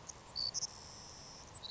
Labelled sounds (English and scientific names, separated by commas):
Savannah Sparrow (Passerculus sandwichensis)